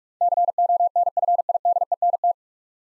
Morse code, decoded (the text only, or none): CONFIDENT